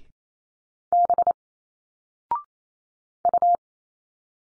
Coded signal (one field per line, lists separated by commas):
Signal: Morse code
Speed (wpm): 28 wpm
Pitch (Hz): 700 Hz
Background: none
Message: B U